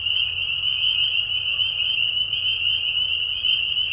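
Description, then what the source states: Spring peeper chorus, many high piping whistles blending into one continuous ringing tone, steady in loudness. Many spring peepers giving mating calls in a marsh at night during a very short spring season; Tiny Marsh Conservation Area, Tiny, Ontario.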